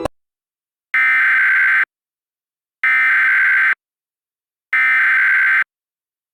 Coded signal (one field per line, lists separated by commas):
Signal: Emergency Alert System (SAME) tones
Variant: header bursts